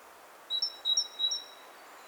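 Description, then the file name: Great tit, a short burst of three quick two-note whistles, each dropping in on a lower tone before a higher one, over a noisy hiss. "Parus major"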